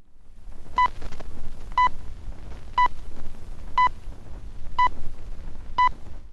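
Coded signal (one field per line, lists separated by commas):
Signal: radio time signal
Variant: BBC Greenwich pips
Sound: six short 1 kHz pips, one each second, over a low rumbling background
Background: low hum, old recording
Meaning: The pips count down to the exact start of the hour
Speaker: and now we go back to September the 1st 1939 when this was the headline Germany has invaded Poland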